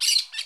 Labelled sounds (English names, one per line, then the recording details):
Brown-throated Parakeet contact call
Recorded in Curacao
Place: Hoffi Jan Thiel
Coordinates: 12.094, -68.877